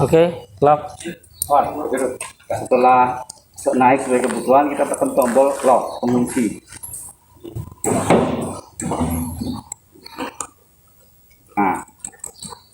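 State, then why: Seated. Someone talks while the close button is pressed on a car lift, and the lift settles. The metal safety lock latches on the lift post drop into place with sharp clinking clicks at 8.8, 9.7, 10.4, 12.1 and 12.2 seconds. The locks are confirmed engaged, so work can begin.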